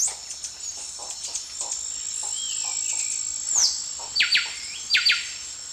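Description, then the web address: Buff-breasted wren song: two quick, emphatic repeated-note phrases near the end, with steady high insect buzzing and scattered faint ticks throughout. Song, recorded in the eastern lowlands of South America. "Natures Songs S America Eastern Lowlands Cantorchilus leucotis, song"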